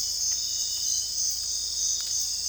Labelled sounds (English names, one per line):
none